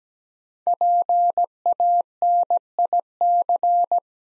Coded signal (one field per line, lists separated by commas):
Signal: Morse code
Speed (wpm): 17 wpm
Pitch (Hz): 700 Hz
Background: none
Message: PANIC